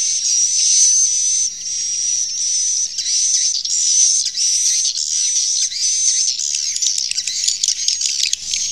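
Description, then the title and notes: Swiftlet calls forming a continuous buzzy high chatter with a thin whistled tone, turning more broken and twittery toward the end. Swiftlet sound used in swiftlet farming in Asia. "Swiflet Bird Sound. Farming Swiflet Bird asia sound"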